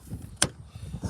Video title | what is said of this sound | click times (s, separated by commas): How to replace headlights on a jeep Liberty | you'll hear it click in here it's going to click against this | 0.4 s